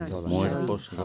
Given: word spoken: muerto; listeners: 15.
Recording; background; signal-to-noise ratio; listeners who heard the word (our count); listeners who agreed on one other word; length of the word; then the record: one Spanish word in noise, from a listening test; four-talker babble; -0.1 dB; 1 of 15; 8 of 15; 0.64 s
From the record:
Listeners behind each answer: 8, 1, 1, 1, 1, 1, 1, 1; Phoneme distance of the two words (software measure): 7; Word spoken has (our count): 2 syllables, 6 phonemes, stress on syllable 1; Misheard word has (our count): 2 syllables, 7 phonemes, stress on syllable 1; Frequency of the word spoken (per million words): 97.11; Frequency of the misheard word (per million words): 70.44